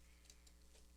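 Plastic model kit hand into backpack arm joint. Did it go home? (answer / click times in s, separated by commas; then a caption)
yes / 0.3 s, 0.5 s. A plastic model kit hand is moved on the backpack arm joint until it locks into place. Two small plastic ticks sound at 0.3 s and 0.5 s over a steady low hum. The hand is seated in the joint.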